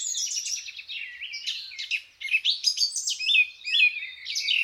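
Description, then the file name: Birds in a dense chorus, many overlapping high chirps, trills and whistled phrases from several singers at once, with brief pauses between bursts. Birds waking up. "L'éveil des oiseaux (extrait)"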